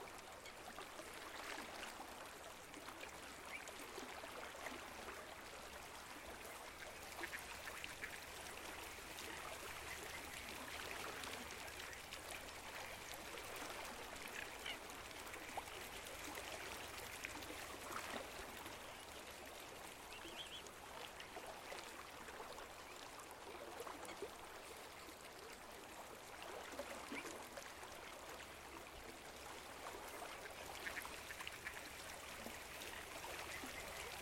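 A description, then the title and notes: Gentle rain falls on a pond in a steady, dense patter of countless small drops and splashes, bright and fizzy with little low end. The level holds even for the whole stretch, with only slight swells and no distinct separate events. Tranquil pond ambience. Gentle rain on a pond.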